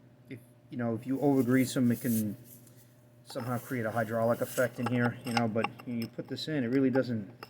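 A metal splined drive part is pushed onto the greased splines of the input shaft of a used transmission from a 2001 Honda Insight Hybrid while someone talks, with faint rubbing and metal handling noise beneath the voice. Nothing has seated or clicked yet; the part is not yet home when the clip ends.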